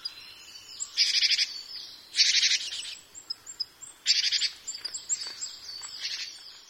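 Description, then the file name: Japanese tit calling with rasping, buzzy rattles at irregular intervals, with short fainter notes between them. "shijukara"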